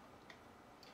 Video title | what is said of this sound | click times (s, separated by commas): S.H.A.D.O. Mobile 3 Studio Scale Model Build Series Pt 3 | top can just pop right back on here and kind of snap in place. It fits on here really good. | 0.3 s, 0.8 s